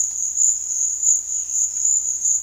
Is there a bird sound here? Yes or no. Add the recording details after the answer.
no. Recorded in dense forest near Puerto Asís, Putumayo, Colombia, on 18 February 2024 at 13:00. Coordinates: 0.485, -76.325. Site G6429